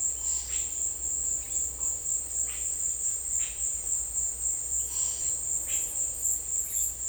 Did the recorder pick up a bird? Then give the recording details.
no. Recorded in secondary vegetation near Puerto Asís, Putumayo, Colombia, on 26 December 2024 at 17:00. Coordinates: 0.488, -76.319. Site GP04